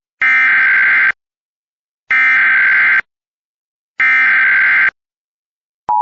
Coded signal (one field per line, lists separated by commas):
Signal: Emergency Alert System (SAME) tones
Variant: header bursts